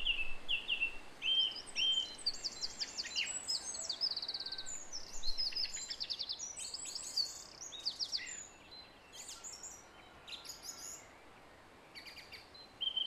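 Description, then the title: Song thrush delivering clear, high repeated phrases, each figure sung several times before switching, with sharp twitters and steady soft background noise. Recorded at 06:00. "Zanglijster 06h"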